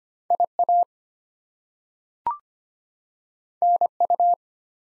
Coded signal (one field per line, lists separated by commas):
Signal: Morse code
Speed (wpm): 25 wpm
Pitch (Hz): 700 Hz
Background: none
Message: IA NU